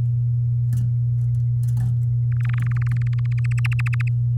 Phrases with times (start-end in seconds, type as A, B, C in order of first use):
2.32-3.53 A, 3.58-4.08 B